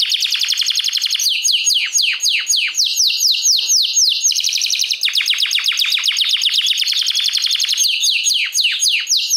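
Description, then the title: Domestic canary song: an unbroken stream of fast, high, descending trilled notes, phrases changing every second or two, loud throughout. Portuguese canary breed (Kenari Portugis). "Kenari Portugis"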